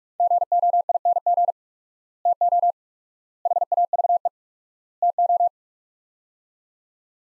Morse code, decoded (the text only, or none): GOING TO HAVE TO